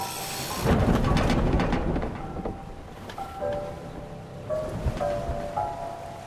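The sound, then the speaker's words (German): A rushing gust of wind swells into a heavy, rumbling roar, then eases into a steadier hiss with thin whistling tones rising and falling; no one speaks. “Im Anfang war der Lufthauch.”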